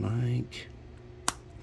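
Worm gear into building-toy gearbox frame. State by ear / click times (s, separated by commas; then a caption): seated / 1.3 s. Someone talks briefly as a plastic building-toy worm gear assembly is pressed into its mount on a truck gearbox. A single sharp, loud snap is heard at 1.3 seconds as the worm gear seats into the gearbox frame.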